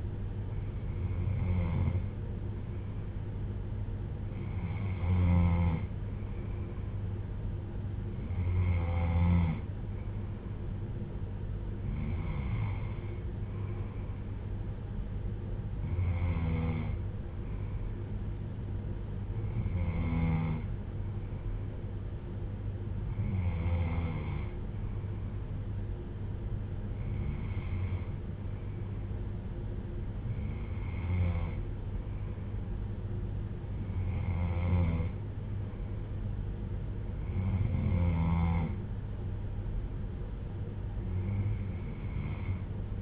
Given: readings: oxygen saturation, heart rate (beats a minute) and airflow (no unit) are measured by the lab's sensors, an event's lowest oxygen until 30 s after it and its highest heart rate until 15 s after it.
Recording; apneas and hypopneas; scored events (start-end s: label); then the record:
breathing in sleep by a smartphone at the bedside; none
none scored
From the record:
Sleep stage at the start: N3 (deep sleep); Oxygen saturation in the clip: 94 to 95%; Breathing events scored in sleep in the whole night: 310 in 8.1 hours asleep